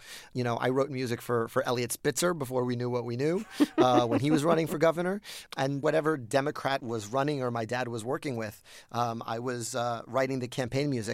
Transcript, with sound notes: You know, I wrote music for Eliot Spitzer before we knew what we knew...
(Laughter).
...When he was running for governor. And whatever Democrat was running or my dad was working with, I was writing the campaign music.